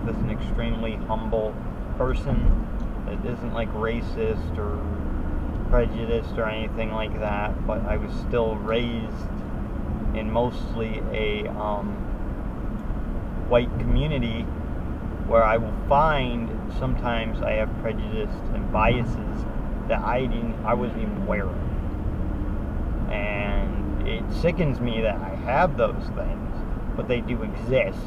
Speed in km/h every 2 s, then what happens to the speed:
69, 64, 66, 66, 68, 68, 68, 69, 69, 69, 69, 68, 68, 66.
0-18 steady at about 68.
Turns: none.